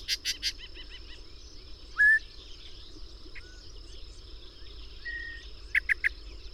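Bird calls: a few short slurred whistles, a brief trill and quick chips at intervals, over steady background hiss and a constant high hum.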